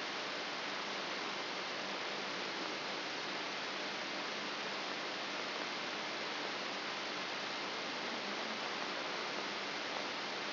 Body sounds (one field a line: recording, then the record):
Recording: brain microelectrode recording played as sound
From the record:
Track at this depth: inside the subthalamic nucleus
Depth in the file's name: 1.005 mm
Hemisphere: left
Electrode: 3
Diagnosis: Parkinson's disease